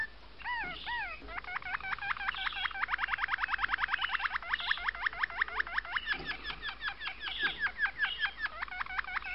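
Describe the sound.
Domestic canary song: a few slurred opening notes, then a long, even trill of quick upswept notes with occasional higher twitters over it.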